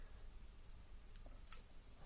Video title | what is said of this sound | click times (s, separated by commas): AOLS 6.01 Airsoft AEG Inner Barrel | we go clicks in place quite nicely quite a nice little fit again | 1.5 s